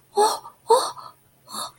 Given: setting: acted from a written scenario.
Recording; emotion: vocal sound without words; negative surprise